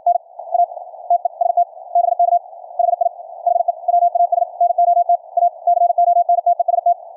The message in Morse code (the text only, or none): NA TEST BK HI HE WAS NOT A CONTEST